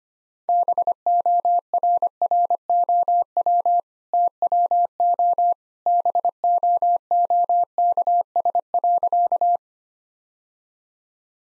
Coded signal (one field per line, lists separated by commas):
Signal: Morse code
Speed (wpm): 25 wpm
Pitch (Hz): 700 Hz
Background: none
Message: BORROW TWO BOOKS.